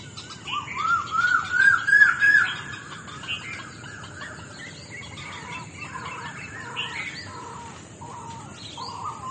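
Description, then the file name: Mixed birds at dawn: a loud run of several repeated whistled notes, then many overlapping calls and chirps from several birds over a steady hiss. Dawn chorus at Talangama. "Dawn chorous at Talangama"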